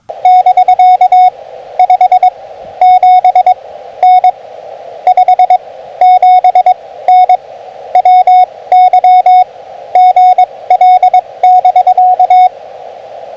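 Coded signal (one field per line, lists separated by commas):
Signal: Morse code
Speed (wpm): 22 wpm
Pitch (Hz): 730 Hz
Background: radio noise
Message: <BK> 57N 57N WY GL <BK>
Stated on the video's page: CW Parks on the Air activation using an FT-817.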